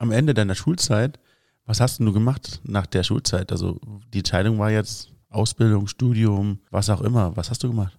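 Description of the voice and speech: Clear, fluent German conversational speech from one adult man, low-pitched, at an ordinary pace with brief pauses.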